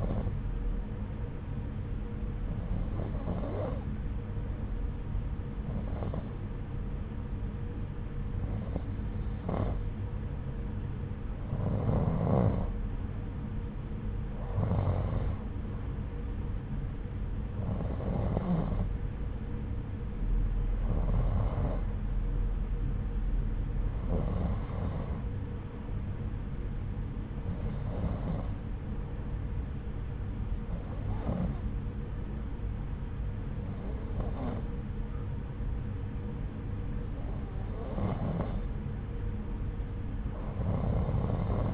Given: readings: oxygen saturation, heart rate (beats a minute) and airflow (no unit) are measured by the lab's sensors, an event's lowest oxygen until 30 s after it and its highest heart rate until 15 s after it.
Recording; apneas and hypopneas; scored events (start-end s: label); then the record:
breathing in sleep by a smartphone at the bedside; none
none scored
From the record:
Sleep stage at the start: N2 (light sleep); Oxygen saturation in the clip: 89 to 91%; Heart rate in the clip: 73 to 82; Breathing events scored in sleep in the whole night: 303 in 8.1 hours asleep